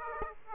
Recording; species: mosquito wingbeat signal from an infrared sensor; Aedes aegypti